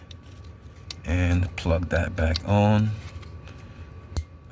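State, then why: Seated. A wheel speed sensor electrical plug on a 2017 Ford Escape 1.5L is pushed back onto its harness connector after a front wheel speed sensor replacement. Someone talks while it is handled, and a sharp click at 4.2 s marks the plug latching in, confirming a good connection.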